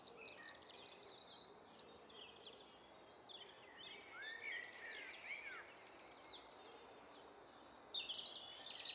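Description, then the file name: Eurasian wren with a brisk high trilling song for about three seconds, then quieter stretches with faint bird calls and a short final burst. "Troglodytes troglodytes"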